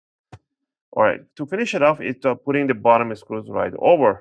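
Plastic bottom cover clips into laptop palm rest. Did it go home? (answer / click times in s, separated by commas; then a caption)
yes / 0.3 s. A plastic bottom cover on an HP 15-fc0093dx laptop is pinched around its front edge during reassembly so its clips snap back into the palm rest. A short, sharp click is heard at 0.3 seconds, then someone talks. The cover clips seat home.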